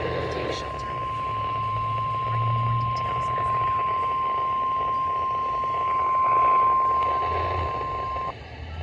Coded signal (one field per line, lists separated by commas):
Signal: Emergency Alert System (SAME) tones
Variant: 1050 Hz attention tone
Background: speech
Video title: Multiple Storms: Part 5| EAS Alerts from June 8th 2025